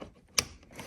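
The plastic electrical connector for an under-hood light is pushed onto its mating wiring harness plug. Faint rubbing and handling noises lead to a single sharp, bright click at 0.4 s, followed by quiet handling. The connector latches and is fully seated.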